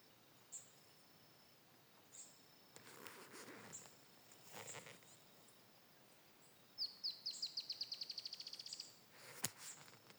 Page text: Dusky-tailed Antbird (Drymophila malura). Santiago Juan Torres